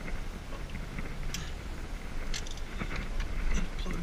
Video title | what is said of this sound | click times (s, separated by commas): 2005 F-150 4.6 litre COP replacement on Cylinder 6. | goes on till it snaps like that so | 3.9 s